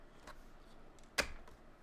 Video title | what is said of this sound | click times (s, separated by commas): OverKill DIY #2 Live! Let's Design A Cockpit For Flight In MSFS! Welding Pastic! | Snaps right into place. | 1.2 s